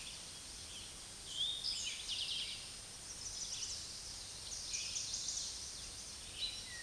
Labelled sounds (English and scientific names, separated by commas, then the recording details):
Eastern Towhee (Pipilo erythrophthalmus) song
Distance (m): 35 m
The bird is about 5 m above the microphone
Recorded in a Pennsylvania forest on 16 May 2024 at 06:12
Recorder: AudioMoth, point MSD-2083
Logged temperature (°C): 16.7 °C
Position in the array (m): 109 m, 6 m